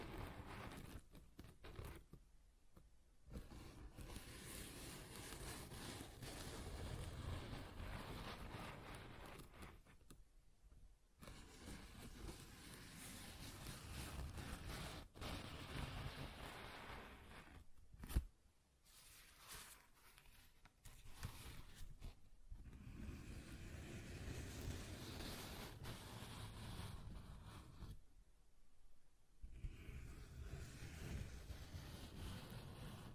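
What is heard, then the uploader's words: Paper is ripped and torn in long, rough stretches of dense rustling and crackling that fill both low and high registers. Brief pauses break the tearing near 3, 10, 18, 21 and 28 seconds, with a sharp snap around 18 seconds. ASMR Paper Ripping Tearing Sounds (No Talking).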